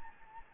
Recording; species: mosquito wingbeat signal from an infrared sensor; Anopheles gambiae